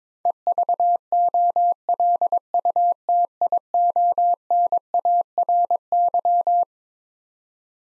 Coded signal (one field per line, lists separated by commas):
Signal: Morse code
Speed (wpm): 22 wpm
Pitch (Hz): 700 Hz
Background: none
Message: EVOLUTIONARY